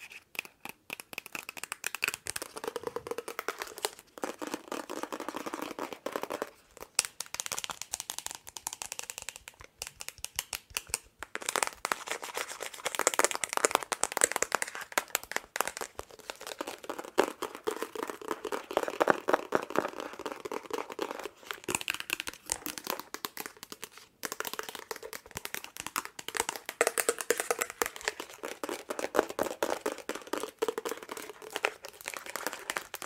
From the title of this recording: Tapping and Scratching with LONG NAILS